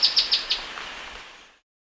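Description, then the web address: Olive flycatcher song: four bright, high, clipped notes in quick succession, trailing off into fading echo. South America. "Natures Songs S America Olive Flycatcher"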